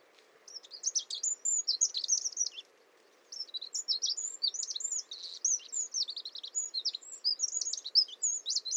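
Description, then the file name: Eurasian wren delivering fast, shrill trilling phrases of tumbling high notes, with one short pause before the energetic rattling song continues to the end. "Troglodytes troglodytes"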